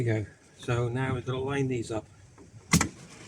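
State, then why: Seated. Someone talks while a van seat on its new single swivel base is turned, then the swivel lock engages with a sharp metallic double click at 2.7 and 2.8 seconds. The seat base is locked into position.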